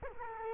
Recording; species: mosquito wingbeat signal from an infrared sensor; Culex quinquefasciatus